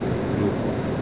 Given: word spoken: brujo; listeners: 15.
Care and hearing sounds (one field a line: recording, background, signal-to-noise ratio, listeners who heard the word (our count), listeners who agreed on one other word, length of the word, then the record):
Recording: one Spanish word in noise, from a listening test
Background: speech-shaped noise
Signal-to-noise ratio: -4.3 dB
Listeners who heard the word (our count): 1 of 15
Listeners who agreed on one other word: 8 of 15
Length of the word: 0.62 s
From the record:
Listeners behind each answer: 8, 2, 1, 1, 1, 1, 1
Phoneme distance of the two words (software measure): 17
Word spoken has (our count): 2 syllables, 5 phonemes, stress on syllable 1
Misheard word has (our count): 2 syllables, 4 phonemes, stress on syllable 1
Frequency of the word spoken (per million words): 4.93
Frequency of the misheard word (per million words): 28.74